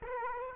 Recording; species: mosquito wingbeat signal from an infrared sensor; Aedes aegypti